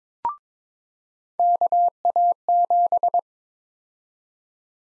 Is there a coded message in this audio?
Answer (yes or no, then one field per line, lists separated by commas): yes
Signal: Morse code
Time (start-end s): 1.4-3.2 s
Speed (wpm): 22 wpm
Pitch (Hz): 700 Hz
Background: none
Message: KA7